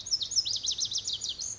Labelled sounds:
Pacific Wren (Troglodytes pacificus)
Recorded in Sonoma County, California

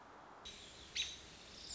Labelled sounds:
American Robin (Turdus migratorius)
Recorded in Sonoma County, California

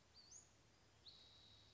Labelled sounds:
Western Flycatcher (Empidonax difficilis)
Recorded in Sonoma County, California

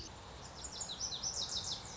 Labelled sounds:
Lazuli Bunting (Passerina amoena)
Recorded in Sonoma County, California

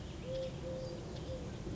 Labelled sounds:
Eurasian Collared Dove (Streptopelia decaocto)
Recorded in Sonoma County, California

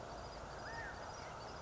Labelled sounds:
California Quail (Callipepla californica)
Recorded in Sonoma County, California

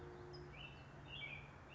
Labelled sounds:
American Robin (Turdus migratorius)
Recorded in Sonoma County, California

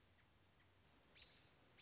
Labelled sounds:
American Robin (Turdus migratorius)
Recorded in Sonoma County, California

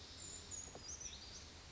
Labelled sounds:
Brown Creeper (Certhia americana)
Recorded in Sonoma County, California

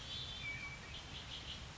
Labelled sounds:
Red-winged Blackbird (Agelaius phoeniceus)
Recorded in Sonoma County, California

